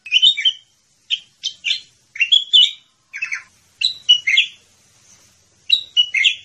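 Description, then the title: Sooty-headed bulbul giving clusters of throaty, bubbling chirps, two or three notes per burst, with short silent gaps between. "Suara Burung Kutilang"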